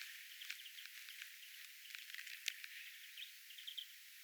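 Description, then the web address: Small birds chipping busily, short sharp high notes in fast uneven runs with a bright whistled pair near the end, over a faint hiss. Small birds calling calmly at a bird feeder on an island, recorded 10 January 2025. "paivat 10 1 2025 vahan rauhallista pikkulintujen aantelya saaren linturuokinnalla"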